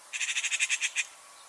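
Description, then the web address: Bird call, a quick series of about ten sharp, bright pulsed notes over roughly one second, then silence. "Bird Only"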